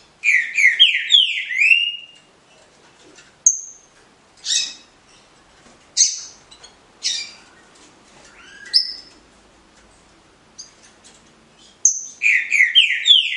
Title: Canto De Trinca Ferro Voz 06. FILHOTE COM 09 MESES CRIATÓRIO DO NEGO (Cambé Pr)